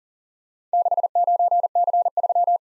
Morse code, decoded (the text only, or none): 69C3